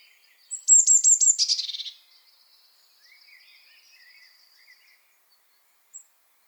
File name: Cyanistes caeruleus